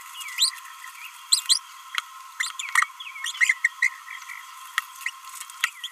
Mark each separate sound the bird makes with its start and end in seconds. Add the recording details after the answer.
0.38-0.50, 1.32-1.40, 1.48-1.59, 2.40-2.51, 3.24-3.32, 3.41-3.53, 3.64-3.68, 3.82-3.88, 5.06-5.10, 5.84-5.88. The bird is a male. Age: 29 days. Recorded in a nest box in Venezuela. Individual 17B31A1